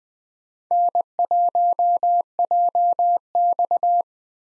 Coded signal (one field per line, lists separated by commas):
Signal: Morse code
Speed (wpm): 21 wpm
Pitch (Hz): 700 Hz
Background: none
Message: N1JX